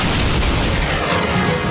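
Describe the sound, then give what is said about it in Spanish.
A tank cannon fires its second shot with a heavy, loud boom that swells into a dense, roaring rumble, sustained at full strength for under two seconds with no voices. “Luego se efectuó el segundo disparo.”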